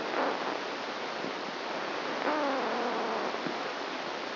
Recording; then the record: brain microelectrode recording played as sound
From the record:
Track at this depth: outside the subthalamic nucleus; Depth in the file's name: -0.51 mm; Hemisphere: right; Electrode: 2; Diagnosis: Parkinson's disease